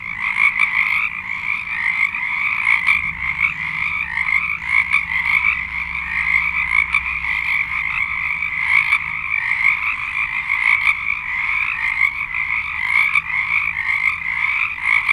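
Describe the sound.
Dense frog chorus of overlapping high pulsed trills, unbroken throughout, with occasional sharper clicks standing out.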